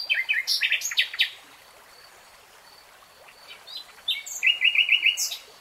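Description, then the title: Nightingale singing a jumble of varied chirps, falling silent for a couple of seconds, then delivering a quick trill of repeated notes ending in a high flourish. Nightingale singing, recorded in real time. "[Tiếng chim hót] Nightingale Singing"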